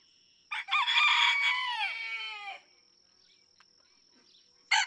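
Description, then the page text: Red junglefowl (chicken): rooster crowing: a loud crow of about two seconds trailing downward at the end, a pause, then another crow starting, with a faint steady high tone. Several roosters, each with its own distinct crow, in a barnyard just outside Mammoth Cave National Park, Kentucky, June 2, 2010. "Birdsong for the Curious Naturalist Red junglefowl (chicken) No two roosters crow alike in this Kentucky barnyard. June 2, 2010. Just outside Mammoth Cave National Park, Kentucky."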